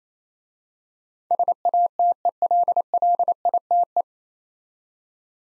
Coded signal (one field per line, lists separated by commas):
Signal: Morse code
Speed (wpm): 27 wpm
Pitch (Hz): 700 Hz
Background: none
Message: SATELLITE